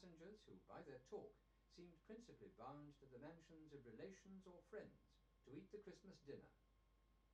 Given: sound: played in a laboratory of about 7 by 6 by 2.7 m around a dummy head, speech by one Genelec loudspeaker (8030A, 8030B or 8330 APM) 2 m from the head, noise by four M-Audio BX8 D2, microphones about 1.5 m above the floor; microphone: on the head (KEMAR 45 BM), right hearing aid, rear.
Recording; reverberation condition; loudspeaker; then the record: male speech in English; low; 60 degrees to the left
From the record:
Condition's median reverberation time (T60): about 310 ms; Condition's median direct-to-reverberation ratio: about 3.5 dB